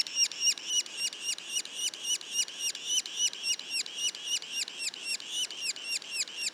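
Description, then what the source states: Yellow-bellied sapsucker calling in a fast, regular train of nasal, down-curving squeaks, roughly four each second, without pause. Juveniles, recorded in Mont-Orford National Park, Quebec.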